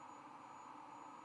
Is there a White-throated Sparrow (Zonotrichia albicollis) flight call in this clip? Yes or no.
no